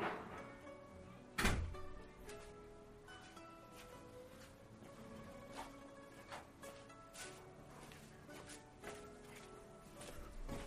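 A single loud thud of a door being shut early on, followed by a few faint knocks and clicks over a steady, tonal background hum. No one speaks.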